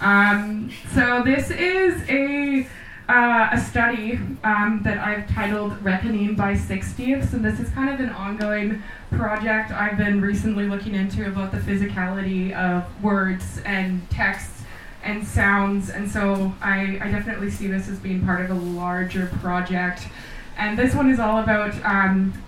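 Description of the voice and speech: A woman introduces an art project at the Vancouver Art Book Fair in the Vancouver Art Gallery, speaking fluently at an even, medium pitch with only brief pauses and a few ordinary 'um' fillers. Her voice is clear and steady, with no hoarseness, slurring or stuttering: normal connected speech.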